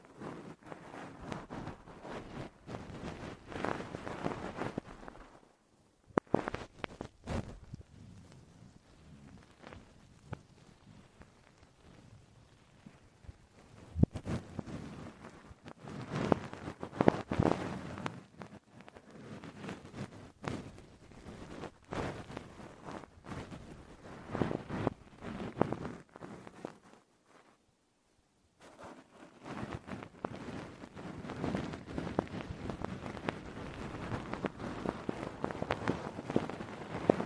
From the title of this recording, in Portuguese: Sons de Boca, Cafuné, Luva